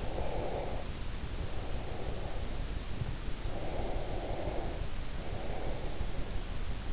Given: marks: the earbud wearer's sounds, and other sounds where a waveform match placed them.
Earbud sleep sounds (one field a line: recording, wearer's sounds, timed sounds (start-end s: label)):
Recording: sounds in sleep by an in-ear microphone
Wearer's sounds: breath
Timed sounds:
0.00-2.58 s: breath
3.41-6.04 s: breath